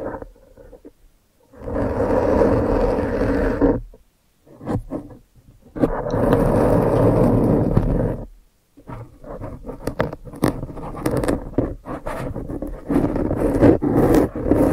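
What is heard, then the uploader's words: Quiet scraping and rustling sounds come in bursts, with a steady scratchy stretch from about 1.5 to 4 seconds and another from 5.5 to 8. After a short pause, the last part breaks into quicker, uneven taps and scratches. ASMR Brain Flossing (No Talking).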